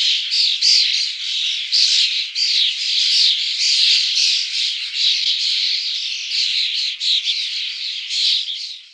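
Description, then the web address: Common starling song as a continuous harsh, raspy chatter of squawky notes, dense and unbroken throughout. "Faglar Sound Stare"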